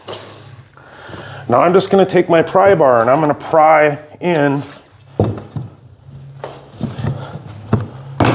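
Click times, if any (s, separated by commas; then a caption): 8.2 s. A pry bar levered against the wall pulls a vinyl floor plank's end joint into the click-lock profile of the adjoining plank while someone talks. A few light knocks and scrapes come before a sharp click at 8.2 s as the joint seats.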